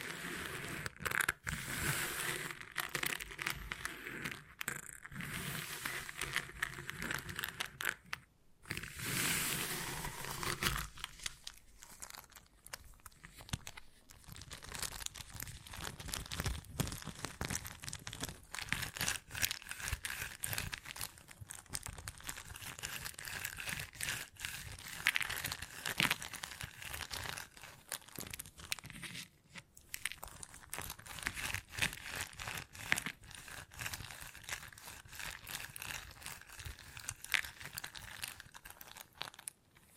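Beeswax being handled, with dense, constant crinkling, crackling and soft tearing sounds that run the full forty seconds. The texture is bright and hissy, with louder bursts of crushing around eight to ten seconds and scattered sharp crunches afterward.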